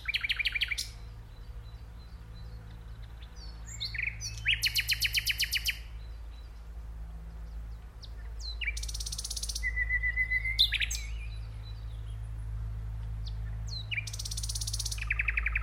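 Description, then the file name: Common nightingale song of loud, rapid rattling trills and sharp notes in bursts, over a steady low hum throughout. "Luscinia megarhynchos"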